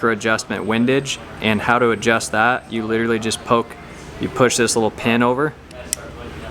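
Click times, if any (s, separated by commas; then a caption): 5.9 s. Someone talks while pushing the small metal micro-adjust pin on the side of the rail of an Axcel AccuTouch Carbon Pro bow sight to engage micro windage adjustment. A single sharp click is heard at 5.9 s as the pin clicks over and seats.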